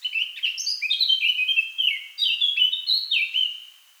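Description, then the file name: Eurasian blackcap singing a lively, continuous warble of quick, varied notes, fading at the end. "Sylvia atricapilla"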